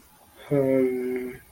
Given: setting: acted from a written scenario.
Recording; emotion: vocal sound without words; confusion